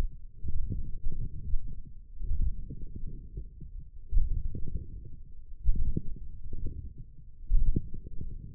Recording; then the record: forearm muscle sounds (acoustic myography)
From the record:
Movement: forearm pronation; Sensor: system 1, eight BSWA MPA416 microphones around the upper forearm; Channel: 4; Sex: male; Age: 21 years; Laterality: right